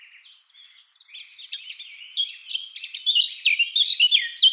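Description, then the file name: Eurasian blackcap warbling song that starts quiet and grows louder, a rapid jumble of high twittering notes and short whistled phrases. "Sylvia atricapilla"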